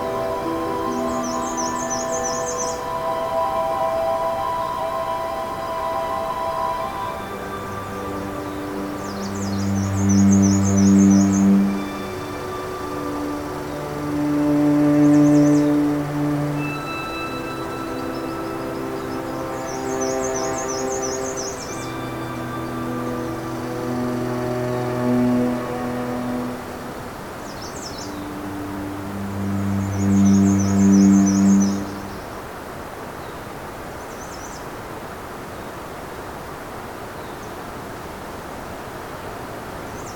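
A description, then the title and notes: Birds sing on a warm June morning, their high trilling phrases returning every few seconds. Beneath them, deeper sustained tones swell and fade in slow waves, loudest around ten, fifteen, twenty-five and thirty seconds, over a steady low murmur. An unopened road allowance that follows the edge of the park property. It starts as a road but quickly gets much more narrow, with small cedars and shrubs crowding the trail in. I know this heads to a wetland, so I’m hoping to come across some new songs on this warm June morning.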